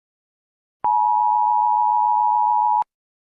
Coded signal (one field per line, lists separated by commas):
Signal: Emergency Alert System (SAME) tones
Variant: 853 and 960 Hz attention tone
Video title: EAS Test: Wildfire in Georgia